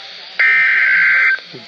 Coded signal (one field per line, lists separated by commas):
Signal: Emergency Alert System (SAME) tones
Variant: header bursts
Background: speech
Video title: Flood Warning (EAS#104)